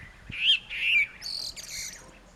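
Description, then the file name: Common blackbird song: two low fluted warbling notes followed by a higher, squeaky twittering flourish, all in one short phrase. "Turdus merula"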